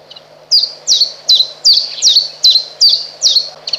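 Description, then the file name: Common chiffchaff song: bright high notes, each dropping sharply, repeated rapidly after a brief quiet start. "Pierwiosnek"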